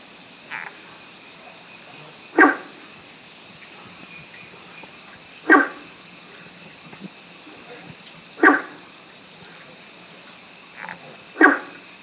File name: Rana guentheri